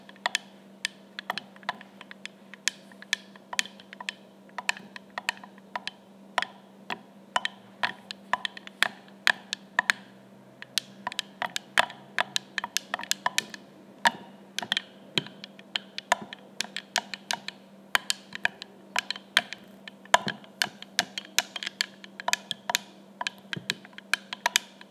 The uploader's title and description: Stirring liquid in a glass jar. Slowly stirring coconut milk in a glass mason jar with a plastic stirrer/spoon